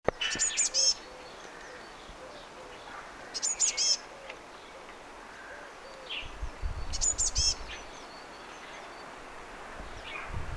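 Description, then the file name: Eurasian blue tit calls, three bursts of high, thin, rapid notes spaced a few seconds apart, with faint background chirps and a low rumble. "Cyanistes caeruleus"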